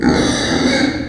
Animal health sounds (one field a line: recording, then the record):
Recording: squeal of a Yucatan mini pig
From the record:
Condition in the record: before surgery on the right vocal fold (resection and tissue-engineered implant)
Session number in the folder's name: 3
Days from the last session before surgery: 0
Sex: female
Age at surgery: 19 weeks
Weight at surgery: 25 kg